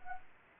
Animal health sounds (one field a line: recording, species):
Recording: mosquito wingbeat signal from an infrared sensor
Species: Anopheles arabiensis